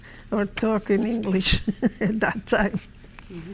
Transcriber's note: she laughs